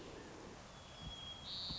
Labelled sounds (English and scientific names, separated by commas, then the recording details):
White-crowned Sparrow (Zonotrichia leucophrys)
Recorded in Sonoma County, California